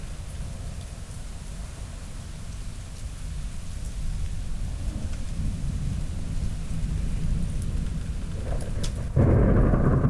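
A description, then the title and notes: Steady rain patters on a porch under a low rumbling thunderstorm that builds gradually, with a deeper, louder roll of thunder arriving near the end. October Thunderstorm in Midland. Here’s a welcome thunderstorm recorded from my Dad’s front porch in Midland, Texas this October. Recorded at 96kHz on my personal Zoom F6 via a matched pair of Clipply EM272s on my travel stereo bar.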